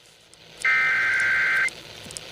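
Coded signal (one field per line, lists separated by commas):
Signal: Emergency Alert System (SAME) tones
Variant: header bursts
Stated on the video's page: Severe thunderstorm warning received on AM and FM radio.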